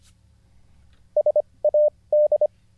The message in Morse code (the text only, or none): SAD